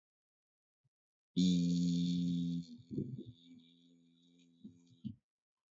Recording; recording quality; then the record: sustained vowel as in beet; excellent, no background noise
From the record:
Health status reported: healthy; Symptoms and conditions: none ticked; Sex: male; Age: 25 years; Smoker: not ticked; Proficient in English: yes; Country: India